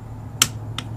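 A torque wrench on a chain adjuster clamp bolt of a 2008 Ducati 1098 motorcycle rear hub goes back to the first bolt to finish the 1-2-1 tightening sequence. It gives a sharp click at 0.4 s, followed by a quieter click at 0.8 s, over a low steady hum. The bolt is confirmed at torque.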